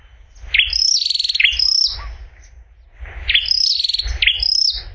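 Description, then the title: Prinia giving two bursts of rapid high buzzy trills, each opening with a sharp upward note, over faint low rumble. "prenjk gnung. prenjak"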